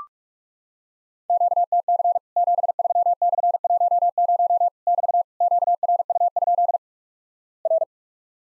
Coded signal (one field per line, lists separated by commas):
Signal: Morse code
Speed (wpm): 44 wpm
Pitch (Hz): 700 Hz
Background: none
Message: QTC 73/10 <BT> QRU? R